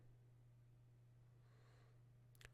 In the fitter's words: faites pas le haut juste la gauche et la droite de toute façon vous allez entendre he ça va faire des ça va déclipser l'écran donc on entend des petits clics et